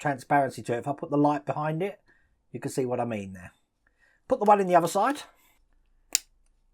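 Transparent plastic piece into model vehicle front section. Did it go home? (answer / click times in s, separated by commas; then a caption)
yes / 6.2 s. Someone talks while fitting the second transparent plastic piece into the other side of the plastic front section of a 1:8 scale Batman Tumbler model car. After the talking stops, a single sharp click is heard at 6.2 seconds as the piece snaps into place and seats.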